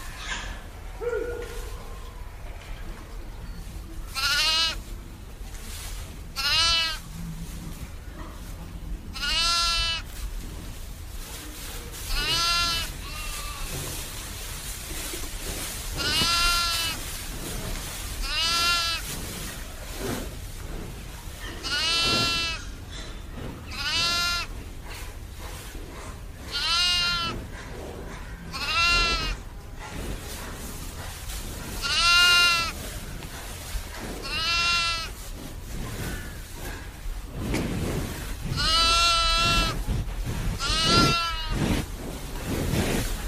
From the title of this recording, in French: A la ferme avec ses animaux